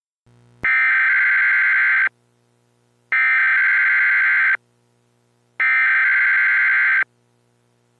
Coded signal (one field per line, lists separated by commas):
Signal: Emergency Alert System (SAME) tones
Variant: header bursts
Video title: EAS Scenario #1: Silent Phantoms-Part 1